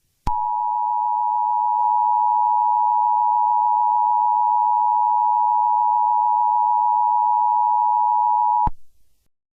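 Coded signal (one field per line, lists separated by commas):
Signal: Emergency Alert System (SAME) tones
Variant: 853 and 960 Hz attention tone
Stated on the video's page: Fictional mock EAS scenario about a multiverse invasion.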